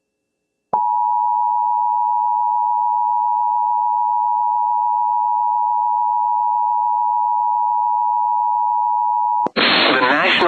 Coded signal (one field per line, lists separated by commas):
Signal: Emergency Alert System (SAME) tones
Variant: 853 and 960 Hz attention tone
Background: speech